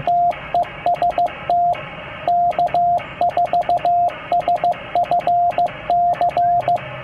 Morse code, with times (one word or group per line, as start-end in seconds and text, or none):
0.1-1.7 TEST
2.3-6.8 K4SFC